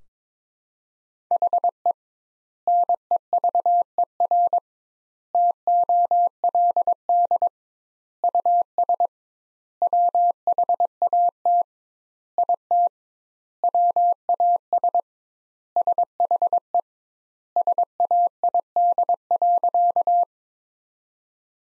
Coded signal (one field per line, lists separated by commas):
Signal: Morse code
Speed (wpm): 21 wpm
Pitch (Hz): 700 Hz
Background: none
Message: HE NEVER TOLD US WHAT IT WAS SHE SAID.